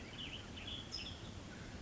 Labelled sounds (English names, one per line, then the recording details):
Western Tanager
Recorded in Sonoma County, California